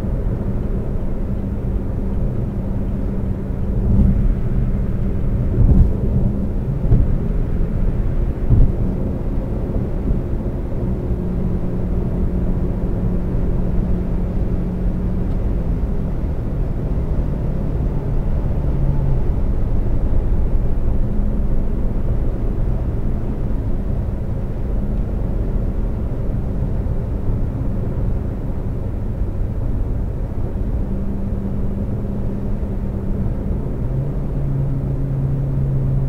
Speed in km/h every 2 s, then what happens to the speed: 130, 132, 132, 132, 135, 137, 138, 142, 143, 142, 143, 140, 138, 137, 129, 129, 129, 129.
0-16 speeds up to 143. 16-28 slows to 129. 28-36 steady at about 129.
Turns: none.